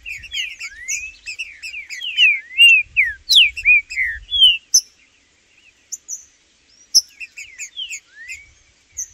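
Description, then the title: Green-winged saltator song: loud, slurred whistled phrases rising and falling, mixed with rapid thin high chips and twitters, with brief pauses between bursts. Trinca-ferro calling (piando), singing and 'macheando' in a dispute, in the bush with a free (solto) bird; birds named Blindado and Tufão. "Seu TRINCA Piando, Cantando E Macheando Na DISPUTA. Trinca Ferro no MATO Cantando e Macheando muito com Solto! Blindado e Tufão no mato"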